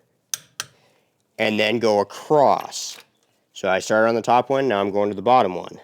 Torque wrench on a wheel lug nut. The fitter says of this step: and wait for the click